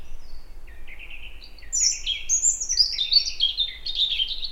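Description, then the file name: European robin singing a thin, high warbled phrase of short trills and slurred notes that climbs in pitch and grows louder, over faint low background rumble. "Erithacus rubecula"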